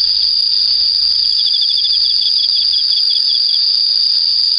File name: エンマコオロギ